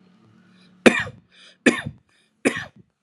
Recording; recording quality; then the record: heavy voluntary cough; excellent, no background noise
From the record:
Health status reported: healthy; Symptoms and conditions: none ticked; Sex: male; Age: 32 years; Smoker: not ticked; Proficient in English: yes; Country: India